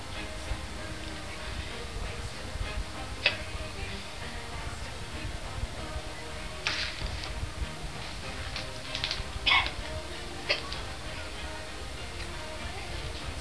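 An adult hiccupping: about four brief, sharp hiccup bursts at irregular intervals of one to three seconds over quiet room noise, from repeated involuntary diaphragm spasms.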